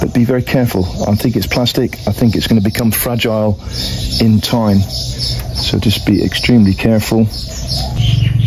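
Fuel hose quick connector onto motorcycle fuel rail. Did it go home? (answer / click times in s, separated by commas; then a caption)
no / none. A plastic fuel line quick connector is being handled on a Royal Enfield Meteor 650 motorcycle, about to be pushed on at both sides onto the fuel rail, while someone talks throughout. Nothing has seated or clicked yet; the clip ends just before the connector goes home.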